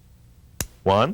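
A revolver hammer is drawn back toward its half-cock notch, giving a short, sharp, broadband click at 0.6 s, the first of two clicks. Someone talks right after. Only the first click is heard, so the hammer has not yet reached half-cock.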